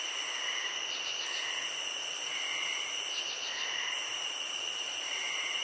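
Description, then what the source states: Crickets keep up a dense, continuous high chirring over a steady background hiss. Nature ambience.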